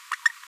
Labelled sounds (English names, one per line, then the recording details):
Green-rumped Parrotlet babbling
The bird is a female
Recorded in a nest box in Venezuela
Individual 17B73B4